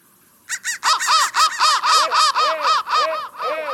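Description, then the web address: Crow cawing in a fast run of arched, harmonic notes, about four a second, the loudness easing off toward the end. "soundfactory crow"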